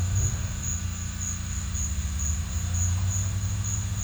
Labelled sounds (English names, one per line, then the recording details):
none
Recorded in secondary vegetation near Puerto Asís, Putumayo, Colombia, on 18 December 2024 at 13:00
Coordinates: 0.485, -76.322
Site GP08